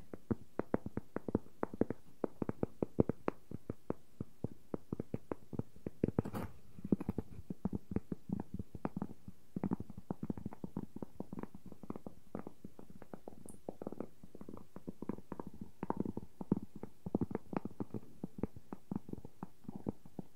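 Wooden objects tap and knock in a dense, irregular stream of short dry clicks that continues for the whole stretch, with bursts clustered closely together. The knocks sit mostly low to middle in pitch, and a sharper, brighter scrape stands out near six seconds.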